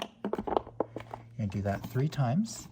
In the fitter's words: and what I'm going to do is I'm going to push it in you'll hear a click